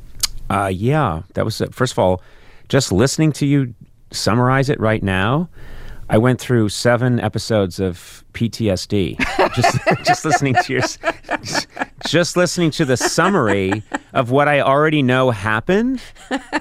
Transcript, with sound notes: Yeah. That was - first of all, just listening to you summarize it right now, I went through seven episodes of PTSD just listening to your...
(Laughter).
Just listening to the summary of what I already know happened,